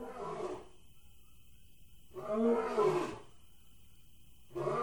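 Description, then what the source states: Big cat snarling in three short rough bursts, at the start, middle and end, separated by quiet gaps. Big cat house.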